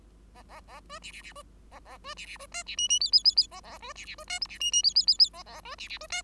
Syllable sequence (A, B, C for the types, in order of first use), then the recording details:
A A A B C C C B A A B C C B D C E E F F F F A A B C C B D G C E E F F F F A A B C C B D. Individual Bird5